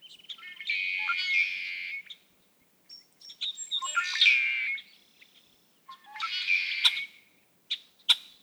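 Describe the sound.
Red-winged blackbird song repeated three times: stuttering clicks rolling into a loud, raspy buzzing trill, with scattered sharp ticks at the end.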